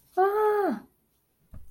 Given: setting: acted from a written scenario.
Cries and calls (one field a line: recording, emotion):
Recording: vocal sound without words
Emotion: distress